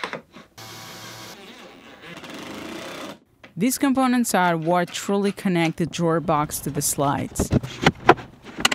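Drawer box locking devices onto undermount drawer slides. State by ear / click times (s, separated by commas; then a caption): not seated / none. A wooden drawer box is being handled with its plastic locking devices near the undermount drawer slides, with a steady machine-like hum and tool noise over the first three seconds. Someone then talks, and a few sharp taps sound near the end. Nothing has seated or clicked onto the slides yet.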